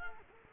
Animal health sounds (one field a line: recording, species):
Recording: mosquito wingbeat signal from an infrared sensor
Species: Culex quinquefasciatus